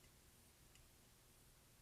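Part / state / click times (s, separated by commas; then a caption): internal board connector into its socket in FPV goggles / seated / 0.8 s. An internal board connector is pressed into its socket inside Skyzone FPV goggles during reassembly after an IPD slider repair. A soft click is heard at 0.8 seconds against a quiet background. The connector snaps into place and is seated.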